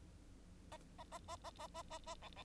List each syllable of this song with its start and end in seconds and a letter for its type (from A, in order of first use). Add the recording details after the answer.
0.71-0.77 A, 0.98-1.04 A, 1.11-1.18 A, 1.28-1.36 A, 1.44-1.51 A, 1.58-1.67 A, 1.74-1.82 A, 1.90-1.98 A, 2.06-2.15 A, 2.21-2.29 B, 2.36-2.43 B. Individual Bird9